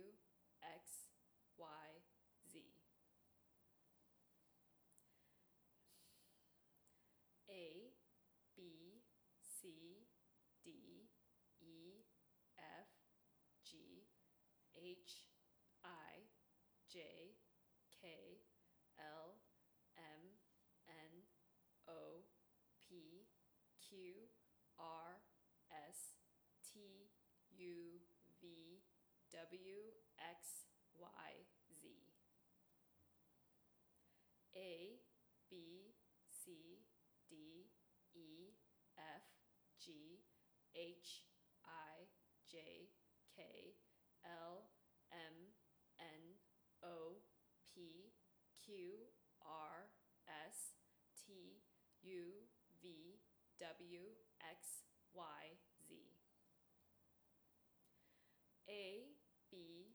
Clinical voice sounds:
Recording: letters of the alphabet, spoken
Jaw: free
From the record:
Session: seven days later

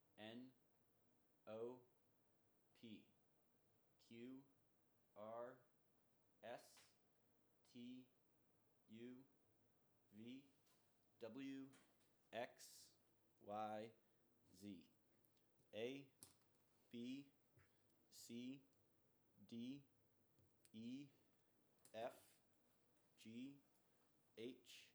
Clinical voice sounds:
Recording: letters of the alphabet, spoken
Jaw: free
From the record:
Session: first day, before the bite bar

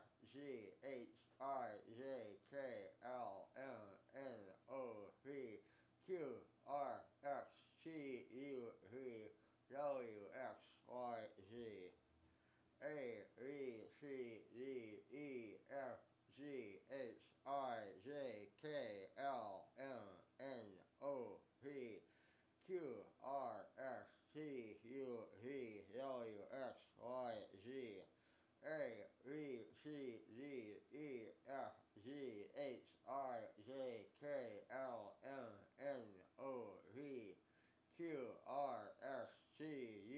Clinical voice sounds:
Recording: letters of the alphabet, spoken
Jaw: constrained by a bite bar between the teeth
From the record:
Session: first day, right after the free take

